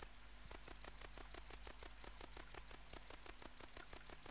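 Tettigonia hispanica bush-cricket: after half a second of quiet, a rapid, regular series of shrill buzzing pulses begins.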